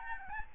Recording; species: mosquito wingbeat signal from an infrared sensor; Aedes albopictus